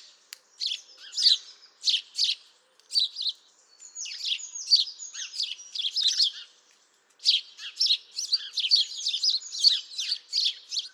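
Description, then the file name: House sparrow chirping, a run of sharp, repeated chirps in uneven bursts, a brief pause near the middle, then a faster, denser string of chirps to the end. "Passer domesticus"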